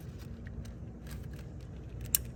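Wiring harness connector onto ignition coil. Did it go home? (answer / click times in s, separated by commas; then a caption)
yes / 2.1 s. A plastic wiring harness connector is pushed onto an ignition coil on the driver's side of a 2nd-generation Toyota Tundra during a spark plug replacement. Faint handling noise sits over a steady low rumble until a single sharp click at 2.1 s. The connector latches and is seated.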